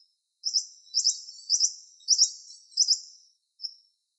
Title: Arredio-pálido